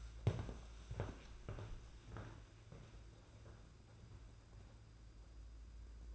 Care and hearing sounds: daily activity, microphone in the room; walk to room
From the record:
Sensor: 2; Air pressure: 991.9 hPa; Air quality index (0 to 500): 232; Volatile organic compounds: 1000 ppm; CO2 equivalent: 7798 ppm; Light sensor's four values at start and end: 15/50/19/18 and 18/58/22/21

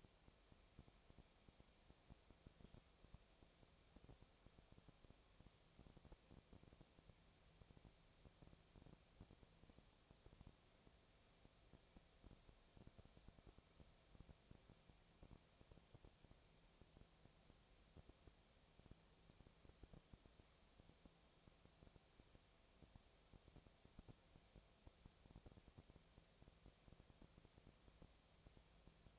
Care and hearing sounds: daily activity, microphone in the room; no activity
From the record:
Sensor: 1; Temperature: 19.6 degrees Celsius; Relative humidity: 36.5%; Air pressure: 997.1 hPa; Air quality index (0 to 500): 204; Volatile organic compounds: 128 ppm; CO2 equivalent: 3917 ppm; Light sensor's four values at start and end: 1/2/1/1 and 1/2/1/1

